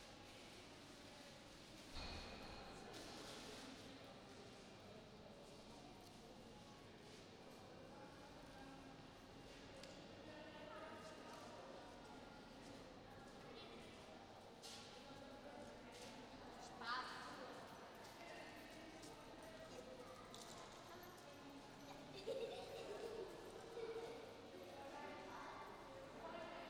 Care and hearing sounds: everyday scene through a hearing-aid microphone; reverberant space; background noise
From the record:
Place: railway station hall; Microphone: in the ear canal, right

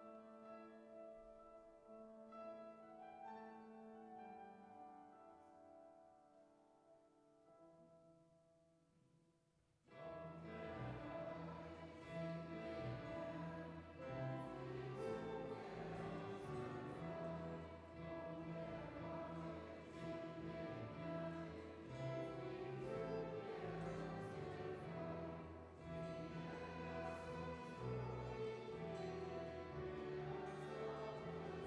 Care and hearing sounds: everyday scene through a hearing-aid microphone; reverberant space; music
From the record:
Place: church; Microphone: behind the ear, right, rear

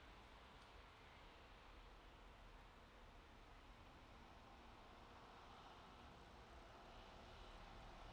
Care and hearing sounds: everyday scene through a hearing-aid microphone; in traffic; traffic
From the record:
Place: bus stop on a city main road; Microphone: in the ear canal, right

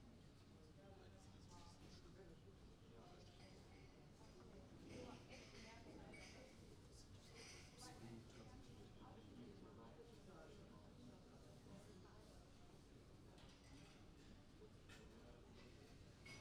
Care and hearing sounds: everyday scene through a hearing-aid microphone; many people talking; many voices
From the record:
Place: university cafeteria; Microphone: in the ear canal, right

